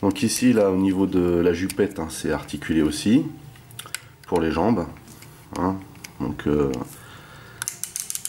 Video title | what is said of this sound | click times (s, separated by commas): MP-27 Ironhide | on a un petit clic voilà donc là voyez effectivement à cause de de | 7.6 s